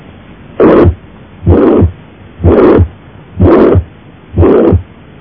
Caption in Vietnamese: Thông liên thất, ta nghe thấy tiếng thổi tâm thu rõ nhất ở liên sườn 3, 4, sát vỡ trái, lan theo hình đan hoa.